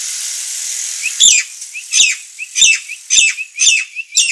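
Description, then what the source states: Nias hill myna giving harsh, hoarse squawks about every half second, with a faint hiss underneath between calls. Indonesian name Jalak Nias; described as gacor (singing constantly) with a noisy voice.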